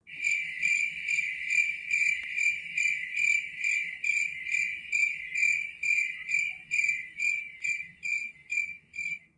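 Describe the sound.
Cricket chirping, a steady series of shrill pulsed trills repeated about twice per second, each burst buzzing evenly, with faint low rumble beneath.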